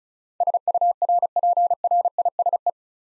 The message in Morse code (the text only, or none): SURPRISE